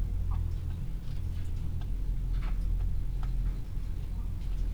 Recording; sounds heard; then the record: poultry house recording; sick chickens (respiratory disease)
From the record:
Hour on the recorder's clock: 15